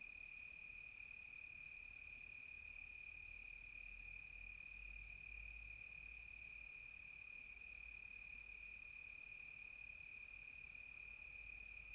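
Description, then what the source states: Crickets chirping in a steady, unbroken high trill, with fainter higher-pitched insect buzzing layered above and brief rapid ticking bursts near the end. Close crickets on a quiet tropical night.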